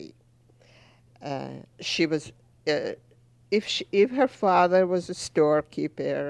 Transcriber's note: none